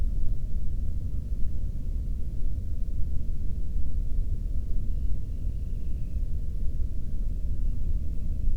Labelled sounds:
bird
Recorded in the Prudhoe Bay oil fields, Alaska, on 13 June 2019 at 00:30
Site 30

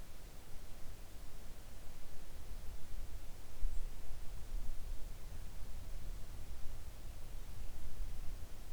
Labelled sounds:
near silence
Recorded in the Arctic National Wildlife Refuge, Alaska, on 3 August 2019 at 06:09
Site 41

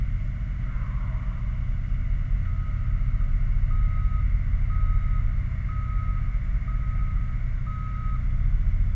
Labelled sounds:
machinery
flare stack
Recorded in the Prudhoe Bay oil fields, Alaska, on 11 August 2019 at 22:12
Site 29

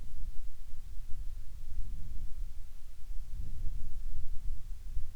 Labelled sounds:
near silence
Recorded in the Prudhoe Bay oil fields, Alaska, on 10 July 2019 at 13:52
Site 14

